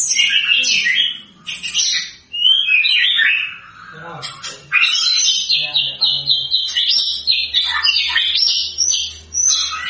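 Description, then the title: White-rumped shama song: varied whistled and chattering phrases, high and bright, with a long run of rapid repeated notes in the second half. Lure sound meant to provoke a response from white-rumped shamas; a bird in full, vigorous song (gacor). "PANCINGAN MURAI BATU GACOR"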